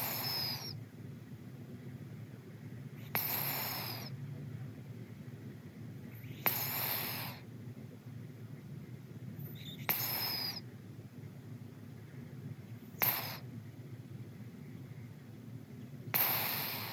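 Snoring of Bailong, a pet cat, recorded at home: soft, fairly regular snore bursts about every three seconds.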